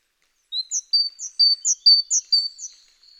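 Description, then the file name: Great tit song: a rapid run of paired high notes, a sharp upper note alternating with a lower one, repeated about five times without pause. "Parus major"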